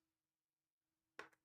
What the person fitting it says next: That one snapped into place much easier the other day.